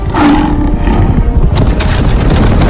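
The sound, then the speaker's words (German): A tiger lets out a deep, rumbling roar that holds loud and steady for a few seconds, its low growl rich with rough, throaty texture and no voices over it. “Oh nein! Ein Tiger! Hilfe!”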